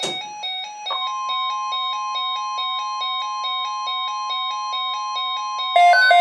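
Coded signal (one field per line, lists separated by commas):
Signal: Emergency Alert System (SAME) tones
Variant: 1050 Hz attention tone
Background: music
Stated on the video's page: Areal Flood Watch received on a weather radio station.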